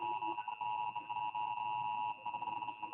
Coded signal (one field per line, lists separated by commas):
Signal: Emergency Alert System (SAME) tones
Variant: 853 and 960 Hz attention tone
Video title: test Emergency alert system